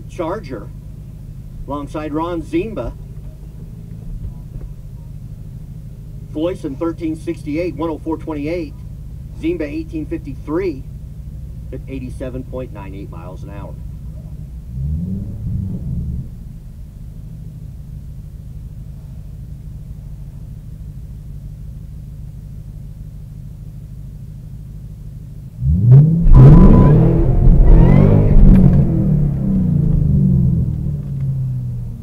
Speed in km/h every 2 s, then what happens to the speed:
0, 0, 0, 0, 0, 0, 0, 0, 0, 0, 0, 0, 0, 16, 8, 6.
0-24 standing. 24-32 pulls away to 6.